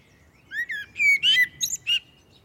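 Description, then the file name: Common blackbird song phrase: a mellow rising whistle followed by a series of rich warbled notes and high squeaky twitters, all clear over a quiet background. "Turdus merula"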